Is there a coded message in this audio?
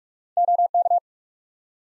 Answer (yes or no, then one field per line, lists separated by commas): yes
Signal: Morse code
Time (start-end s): 0.4-1.0 s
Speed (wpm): 47 wpm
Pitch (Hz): 700 Hz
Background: none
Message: OK